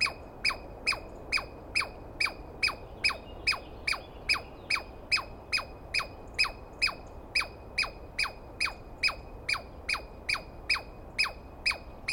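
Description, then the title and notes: Douglas squirrel calling with rapid harsh downslurred chirps, roughly two to three each second in a long even run. Douglas pine squirrel screaming at length after waking the recordist, during a dawn recording in the East Cascades on the morning of 21 April 2017; identified by sound, not clearly seen. "On the morning of 21 April, 2017, I set up my microphones and recorder for a nice dawn recording in the East Cascades. I was started awake by a screaming Douglas Pine Squirrel."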